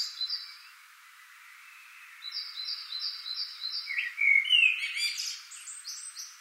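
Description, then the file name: Common blackbird song: a string of evenly repeated high notes, then a rich, fluty warble that rises into squeaky high twitters. "Turdus merula"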